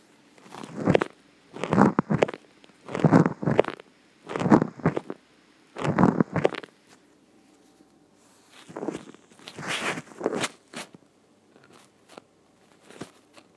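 Repeated bursts of coarse, crunching, grinding noise, about five evenly spaced at first and then softer and more irregular, following the jaw opening and closing. This is joint crepitus, a gritty grating from the temporomandibular joint.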